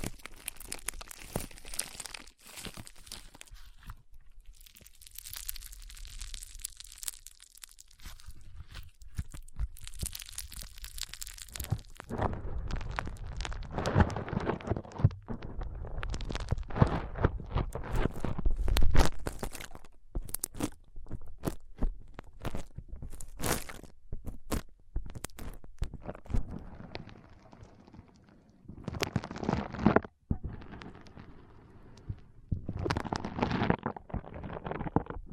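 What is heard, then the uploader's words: Foam being squeezed and rubbed in a massage, with crunchy, crinkling squishes that come in quick irregular bursts. The first ten seconds are softer and airier, then denser, deeper scrunching takes over. Near the end, a brief pause and separate bright swipes. ASMR Powerful Foam Brain Massage.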